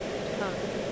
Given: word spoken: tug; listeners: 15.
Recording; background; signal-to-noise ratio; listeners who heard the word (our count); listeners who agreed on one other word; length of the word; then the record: one English word in noise, from a listening test; speech-shaped noise; -5.8 dB; 2 of 15; 12 of 15; 0.52 s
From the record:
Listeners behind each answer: 12, 2, 1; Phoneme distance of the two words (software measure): 10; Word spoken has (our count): 1 syllable, 3 phonemes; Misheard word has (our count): 1 syllable, 3 phonemes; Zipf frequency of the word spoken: 3.51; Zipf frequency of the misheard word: 4.36